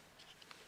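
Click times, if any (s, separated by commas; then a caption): 0.4 s, 0.5 s. A bungee shock cord is pulled against the built-in plastic teeth of the adjustable hook on the trailing-edge wing strap of a Vertigo glider cover, which keeps the cover under tension so it stays secure on the aircraft. Faint rustling is followed by two short, sharp clicks at 0.4 s and 0.5 s as the cord locks into the teeth. The cord is seated and engaged.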